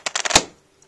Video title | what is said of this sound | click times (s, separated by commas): Reconnect 7TM release binding | you should hear a click | 0.1 s, 0.4 s